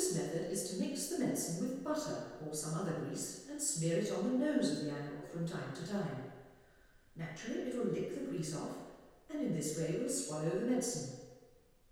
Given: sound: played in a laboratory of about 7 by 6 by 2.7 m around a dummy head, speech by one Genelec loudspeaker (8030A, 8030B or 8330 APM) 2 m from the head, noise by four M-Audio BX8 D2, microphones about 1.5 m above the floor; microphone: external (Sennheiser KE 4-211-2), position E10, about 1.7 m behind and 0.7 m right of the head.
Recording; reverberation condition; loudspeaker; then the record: female speech in English; high; 30 degrees to the right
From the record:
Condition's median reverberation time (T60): about 1300 ms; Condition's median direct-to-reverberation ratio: about -4.0 dB